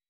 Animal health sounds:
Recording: hydrophone in a shrimp aquaculture tank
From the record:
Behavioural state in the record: weakened

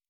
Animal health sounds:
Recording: hydrophone in a shrimp aquaculture tank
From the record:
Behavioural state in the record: normal

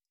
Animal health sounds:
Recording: hydrophone in a shrimp aquaculture tank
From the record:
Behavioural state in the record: stressed

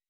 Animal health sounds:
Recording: hydrophone in a shrimp aquaculture tank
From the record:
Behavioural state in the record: weakened

